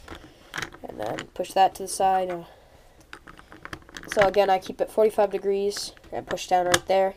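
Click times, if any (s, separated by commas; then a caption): none. While someone talks, a plastic middle piece is handled at 45 degrees and pushed down into a puzzle cube being reassembled, with small plastic ticks and taps between the words. Nothing has seated or clicked into place yet by the end of the clip.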